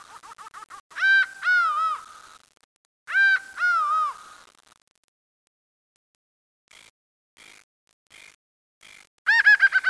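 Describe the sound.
Laughing falcon calling: paired loud nasal downslurred notes, a quiet gap with soft clucks, then a new rapid burst starting at the end.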